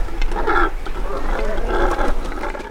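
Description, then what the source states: Cormorants grunting, rough noisy croaks overlapping over a low rumble. Cormorants nesting on the SS Payette shipwreck, partially out of the water, near South Manitou Island; Audubon wrote they have no song, only grunts.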